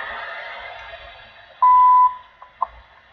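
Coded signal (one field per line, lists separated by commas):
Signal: radio time signal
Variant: WWV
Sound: shortwave hiss, a half-second 1 kHz tone, then two brief ticks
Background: radio static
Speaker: Wow. Amazingly strong WWV.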